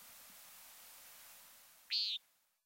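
Common Nighthawk gives a single short, buzzy, nasal call over faint background hiss.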